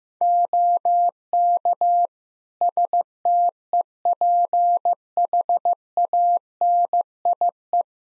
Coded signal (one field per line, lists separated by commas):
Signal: Morse code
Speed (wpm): 15 wpm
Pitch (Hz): 700 Hz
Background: none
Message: OK STEPHANIE